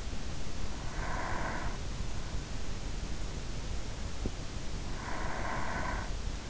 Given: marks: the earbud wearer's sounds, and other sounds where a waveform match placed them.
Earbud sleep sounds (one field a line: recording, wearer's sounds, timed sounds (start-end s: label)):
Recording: sounds in sleep by an in-ear microphone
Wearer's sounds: breath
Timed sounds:
0.58-2.28 s: breath
4.60-6.49 s: breath